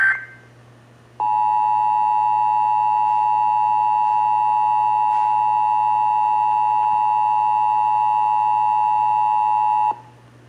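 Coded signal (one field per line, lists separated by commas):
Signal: Emergency Alert System (SAME) tones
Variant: 853 and 960 Hz attention tone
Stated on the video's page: Severe thunderstorm warning for Ellis County relayed on AM station WBAP.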